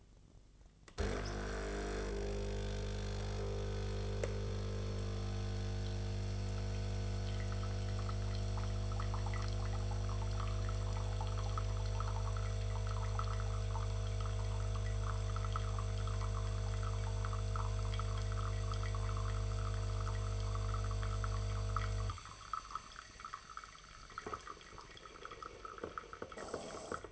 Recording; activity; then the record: daily activity, microphone in the room; make coffee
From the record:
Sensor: 4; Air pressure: 1001.1 hPa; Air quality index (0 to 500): 148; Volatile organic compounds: 2 ppm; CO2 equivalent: 1086 ppm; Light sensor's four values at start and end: 19/44/19/20 and 25/58/24/26